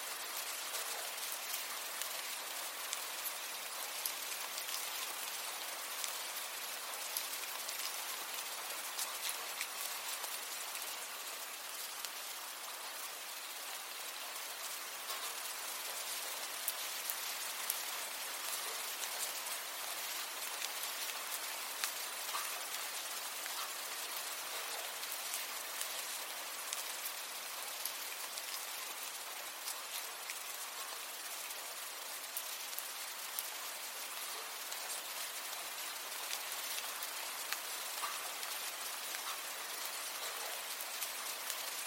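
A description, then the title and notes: Gentle rain falls steadily throughout, a dense, even hiss of countless small drops with fine crackling patter on a surface. The sound is bright and airy with little low rumble, and the level stays nearly constant, without distinct gusts or other noises. 1 Hour of Gentle Rain Sounds: Embrace the Serene Shower for Relaxation.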